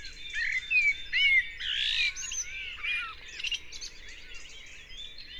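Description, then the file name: Common blackbird song: several curved, fluty whistled notes and a short rushing, noisy burst, followed by quieter twittering. "Turdus merula"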